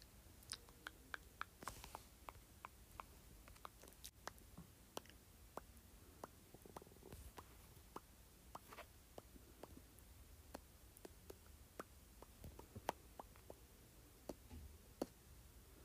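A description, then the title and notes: Mouth sounds: a steady run of sharp clicks and pops, roughly one or two each second, some crisp and bright, others softer and duller. Between them come faint wet smacks and breathy noise, over a low, quiet rumble. ASMR Various Mouth Sounds.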